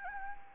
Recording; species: mosquito wingbeat signal from an infrared sensor; Anopheles gambiae